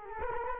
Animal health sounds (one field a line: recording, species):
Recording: mosquito wingbeat signal from an infrared sensor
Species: Culex quinquefasciatus